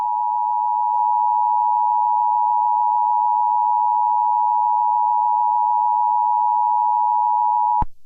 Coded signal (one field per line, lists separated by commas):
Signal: Emergency Alert System (SAME) tones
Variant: 853 and 960 Hz attention tone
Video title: Seattle nuclear explosion EAS 23.09.2025